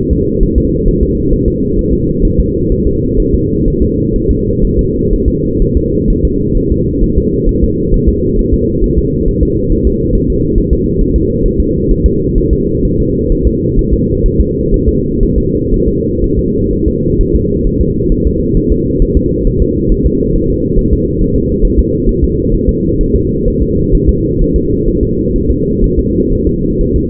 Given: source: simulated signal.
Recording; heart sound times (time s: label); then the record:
fetal heart sounds
0.13 s: S2
0.43 s: S1
0.58 s: S2
0.88 s: S1
1.03 s: S2
1.33 s: S1
1.48 s: S2
1.79 s: S1
1.93 s: S2
2.25 s: S1
2.40 s: S2
2.72 s: S1
2.87 s: S2
3.20 s: S1
3.34 s: S2
3.68 s: S1
3.82 s: S2
4.16 s: S1
4.31 s: S2
4.64 s: S1
4.79 s: S2
5.13 s: S1
5.28 s: S2
5.62 s: S1
5.77 s: S2
6.10 s: S1
6.25 s: S2
6.58 s: S1
6.72 s: S2
7.04 s: S1
7.18 s: S2
7.49 s: S1
7.64 s: S2
7.94 s: S1
8.09 s: S2
8.39 s: S1
8.53 s: S2
8.84 s: S1
8.98 s: S2
9.28 s: S1
9.43 s: S2
9.72 s: S1
9.87 s: S2
10.15 s: S1
10.30 s: S2
10.58 s: S1
10.73 s: S2
11.01 s: S1
11.16 s: S2
11.46 s: S1
11.60 s: S2
11.91 s: S1
12.06 s: S2
12.38 s: S1
12.53 s: S2
12.85 s: S1
13.00 s: S2
13.32 s: S1
13.47 s: S2
13.79 s: S1
13.93 s: S2
14.26 s: S1
14.40 s: S2
14.74 s: S1
14.88 s: S2
15.23 s: S1
15.38 s: S2
15.74 s: S1
15.88 s: S2
16.24 s: S1
16.39 s: S2
16.73 s: S1
16.88 s: S2
17.21 s: S1
17.35 s: S2
17.67 s: S1
17.81 s: S2
18.12 s: S1
18.27 s: S2
18.57 s: S1
18.72 s: S2
19.02 s: S1
19.17 s: S2
19.47 s: S1
19.62 s: S2
19.92 s: S1
20.06 s: S2
20.36 s: S1
20.50 s: S2
20.79 s: S1
20.93 s: S2
21.22 s: S1
21.36 s: S2
21.65 s: S1
21.79 s: S2
22.09 s: S1
22.24 s: S2
22.54 s: S1
22.69 s: S2
23.01 s: S1
23.16 s: S2
23.48 s: S1
23.62 s: S2
23.95 s: S1
24.09 s: S2
24.41 s: S1
24.56 s: S2
24.88 s: S1
25.03 s: S2
25.36 s: S1
25.50 s: S2
25.84 s: S1
25.99 s: S2
26.33 s: S1
26.47 s: S2
26.81 s: S1
26.96 s: S2
From the record:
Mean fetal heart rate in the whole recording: 130 bpm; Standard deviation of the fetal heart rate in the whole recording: 4 bpm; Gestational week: 38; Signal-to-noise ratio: -14.7 dB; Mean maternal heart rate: 72 bpm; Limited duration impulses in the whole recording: present